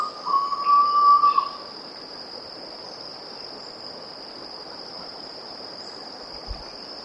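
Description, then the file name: Red-bellied pitta giving one short, level whistle over a continuous shrill insect drone. "erythropitta erythrogaster"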